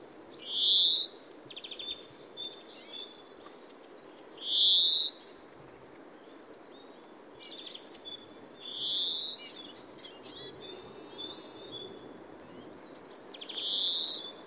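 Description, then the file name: European greenfinch calling: drawn-out buzzy rising notes repeated about every four seconds, with faint chirps between them over steady background hiss. "Chloris chloris"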